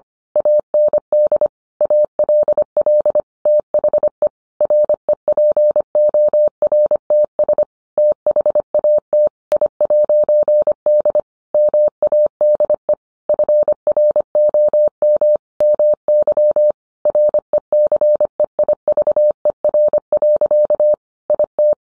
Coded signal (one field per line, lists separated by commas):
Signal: Morse code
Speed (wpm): 25 wpm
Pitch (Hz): 600 Hz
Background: none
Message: AND ALL THE REPORTS THAT I'D MADE FROM MY RECEIVER. IT